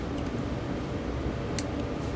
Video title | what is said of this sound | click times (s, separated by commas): Clean and Service Sears (Lasko/Galaxy) 9" Oscillating Fan | And that just snaps back into place like that. | 1.6 s